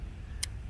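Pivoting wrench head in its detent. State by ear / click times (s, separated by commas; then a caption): seated / 0.4 s. A special angled-tip wrench for the door hinge bolts on a Dodge Ram passenger door has its pivoting head moved into one of its three detent positions. One short, sharp click at 0.4 s stands out over a steady low background rumble, and the head seats in that detent.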